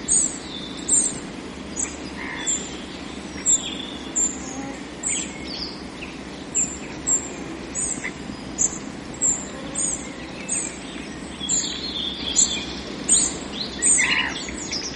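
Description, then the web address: Spotted flycatcher calling with sharp, high-pitched, thin notes repeated steadily. "earth naturelibrary assets s sp spotted flycatcher"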